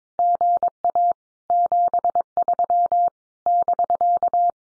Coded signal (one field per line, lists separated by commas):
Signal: Morse code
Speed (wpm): 22 wpm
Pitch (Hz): 700 Hz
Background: none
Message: GA 73 <BK>